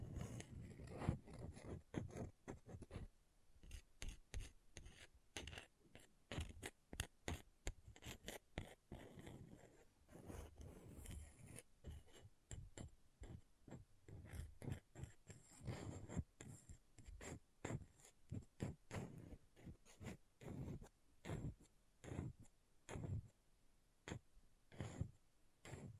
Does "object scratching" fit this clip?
yes